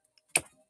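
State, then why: Seated. The pinless left arm of a plastic action figure is worked into its shoulder joint, with a few faint ticks before a single sharp click at 0.4 s that fades quickly. The arm seats in the shoulder and the fit is done.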